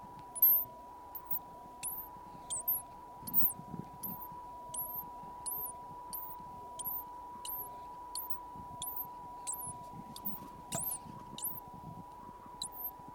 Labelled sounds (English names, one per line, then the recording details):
Hazel Dormouse
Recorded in captivity
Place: Zoologisches Institut der HUB, Berlin, DE
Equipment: R 20/2
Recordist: TSA
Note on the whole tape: Laute bei künstlicher Unterbrechung bzw. Störung des Winterschlafes (im Terrarium). Wahrscheinlich im Winter 1968/69